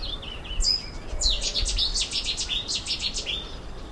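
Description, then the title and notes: Cetti's warbler song, a sudden loud burst of sharp repeated notes lasting about two seconds, with softer calls of other birds before it. Resident bird at the Castle Water viewpoint, in the morning as stormy weather calmed; loud burst song at 5 sec. "Willow and Cettis Warblers. the loud burst of the resident Cettis warbler sounded out at 5 sec and again at 1 min 10sec. The viewpoint at Castle Water"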